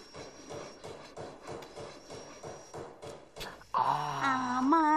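Renovation banging: a steady run of heavy hammer blows, roughly three per second, for about three seconds, then a loud, wavering, whining tone takes over to the end.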